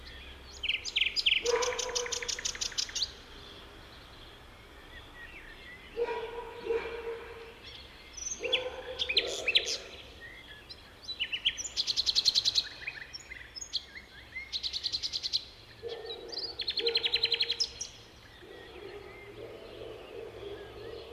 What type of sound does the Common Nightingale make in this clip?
song